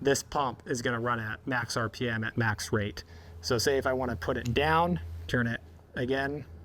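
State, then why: Not seated. A man talks while handling the red override stem in the hydraulic valve block of a diaphragm pump, about to push it down and turn it half a rotation again to click it closed and return control to the rate controller. Only speech is heard over a low steady hum, and the stem has not clicked or seated yet.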